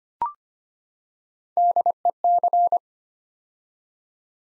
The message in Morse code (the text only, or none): DEC